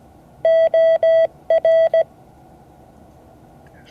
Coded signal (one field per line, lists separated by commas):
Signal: Morse code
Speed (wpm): 17 wpm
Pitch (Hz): 660 Hz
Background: none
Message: OR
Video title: Morse code class 2024-08-11 (10 of 12)